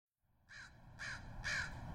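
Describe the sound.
Crow cawing, three harsh, hoarse caws about half a second apart, growing louder, over a low rumbling background.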